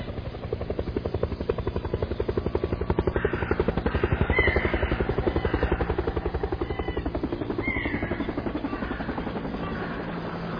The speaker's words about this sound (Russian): Со свистом рассекая лопастями воздух, К-52 опустился на асфальтированный батальонный плац.